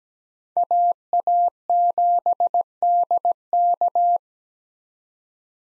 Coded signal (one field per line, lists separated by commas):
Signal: Morse code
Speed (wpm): 17 wpm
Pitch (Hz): 700 Hz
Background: none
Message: AA7DK